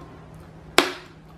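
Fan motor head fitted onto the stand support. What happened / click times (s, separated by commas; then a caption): The fan head snapped onto its stand / 0.8 s. A Mondial Maxi Power Black 40 NV-75-6P-NP 140 W fan's motor head is lined up and pressed onto its plastic stand support. Over a quiet background, a single sharp, bright click sounds at 0.8 s and fades quickly. The head locks onto the stand.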